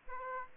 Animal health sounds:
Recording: mosquito wingbeat signal from an infrared sensor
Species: Aedes aegypti

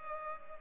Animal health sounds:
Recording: mosquito wingbeat signal from an infrared sensor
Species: Culex pipiens

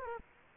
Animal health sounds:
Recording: mosquito wingbeat signal from an infrared sensor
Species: Culex quinquefasciatus

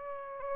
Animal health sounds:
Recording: mosquito wingbeat signal from an infrared sensor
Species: Aedes albopictus

